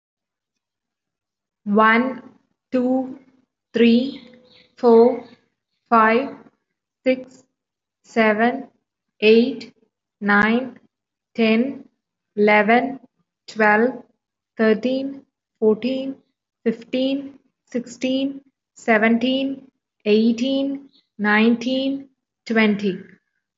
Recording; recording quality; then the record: counting at a normal pace; excellent, no background noise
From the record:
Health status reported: respiratory illness, not identified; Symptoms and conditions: asthma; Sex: female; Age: 22 years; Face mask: not worn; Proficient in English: yes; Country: India